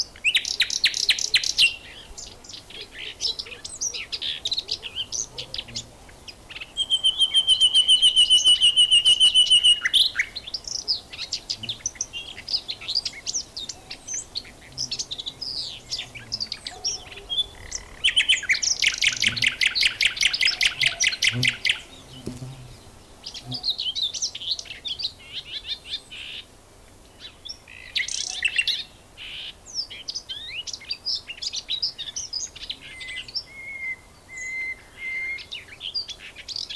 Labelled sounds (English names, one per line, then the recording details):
Common Whitethroat song
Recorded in the wild
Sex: male
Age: adult
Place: Lübars (Fließtal), Berlin, DE
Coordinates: 52.6167, 13.35
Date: 1999-05-01 11:30
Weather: fair, 15°C
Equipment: Nagra SN, Kopie Uher 4000 Report Monitor
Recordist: Tembrock, Günter